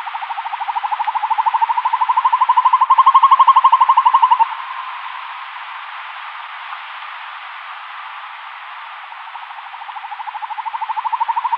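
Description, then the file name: Northern hawk-owl trilling in a long rapid run of quick, evenly spaced notes, loud for the first few seconds, then quieter, then building again at the end. "Hokuggla"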